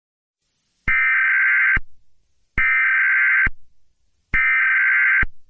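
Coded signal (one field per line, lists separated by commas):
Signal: Emergency Alert System (SAME) tones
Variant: header bursts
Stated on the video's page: Fictional EAS scenario, not a real alert.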